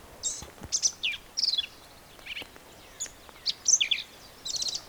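Black-capped vireo song: a rapid run of varied high chattering and slurred notes in short bursts, ending with a brief buzzy trill.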